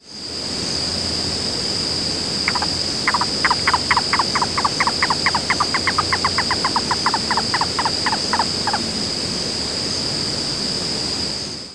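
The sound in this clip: Yellow-billed cuckoo giving a long series of hollow knocking notes, with a constant high insect drone throughout.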